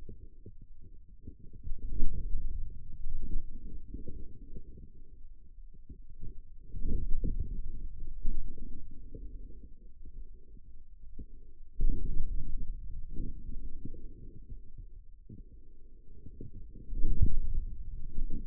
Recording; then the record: forearm muscle sounds (acoustic myography)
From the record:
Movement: inward rotation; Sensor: system 2, bracelet of six BSWA MPA416 microphones around the upper forearm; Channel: 6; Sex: male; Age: 22 years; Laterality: right